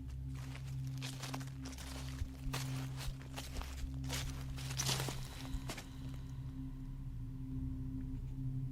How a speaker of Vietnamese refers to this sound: Chúng nó thấy những tiếng bước chân dẫm sột soạt, như đang có rất nhiều người đi quanh đây vậy.